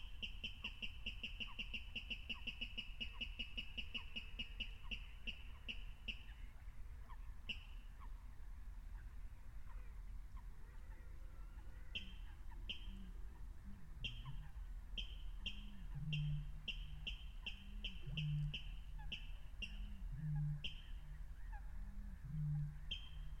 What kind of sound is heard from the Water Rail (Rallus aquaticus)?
song